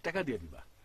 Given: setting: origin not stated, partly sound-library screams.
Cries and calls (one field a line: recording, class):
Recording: one-second piece from a danger detection set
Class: normal situation